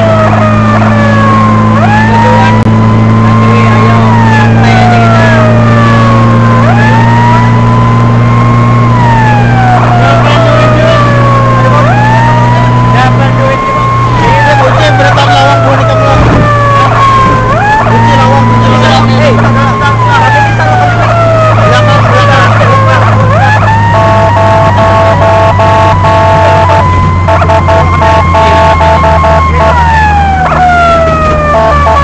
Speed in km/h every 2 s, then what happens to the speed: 93, 95, 97, 100, 102, 103, 103, 99, 97, 98, 95, 89, 83, 76, 67, 67.
0-10 speeds up to 103. 10-32 slows to 67.